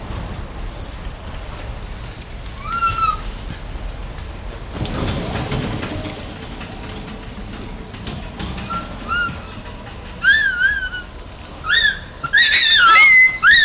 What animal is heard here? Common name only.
Bonobo